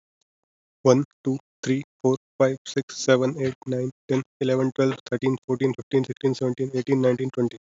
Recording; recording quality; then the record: counting at a fast pace; excellent, no background noise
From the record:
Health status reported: respiratory illness, not identified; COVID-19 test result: negative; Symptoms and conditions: cough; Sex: male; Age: 28 years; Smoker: not ticked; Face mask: not worn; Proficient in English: no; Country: India